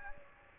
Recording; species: mosquito wingbeat signal from an infrared sensor; Aedes aegypti